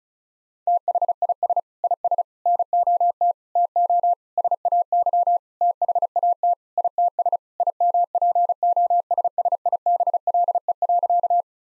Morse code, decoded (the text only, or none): THIS IS NOT TO SAY THAT ITS IMPOSSIBLE.